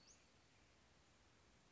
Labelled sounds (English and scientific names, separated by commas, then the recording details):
Western Flycatcher (Empidonax difficilis)
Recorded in Sonoma County, California